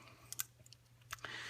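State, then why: Not seated. Someone tries to lock a poorly made aftermarket magazine spring onto the plastic follower of a Glock 20 magazine, and it will not lock into place. Short, sharp ticks and clicks of handling are heard around 0.3, 0.4, 0.7, 1.1 and 1.3 s, followed by a steady, hissy rustle. Nothing has seated or clicked into place yet.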